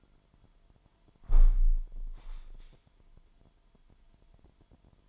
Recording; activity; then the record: daily activity, microphone in the room; close window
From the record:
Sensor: 5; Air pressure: 998.2 hPa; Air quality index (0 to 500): 93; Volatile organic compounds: 2 ppm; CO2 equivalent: 1064 ppm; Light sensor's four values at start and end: 22/53/22/24 and 22/53/22/24